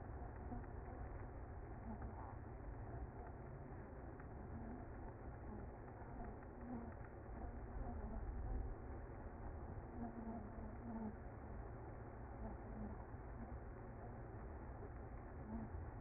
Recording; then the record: honeybee colony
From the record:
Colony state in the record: active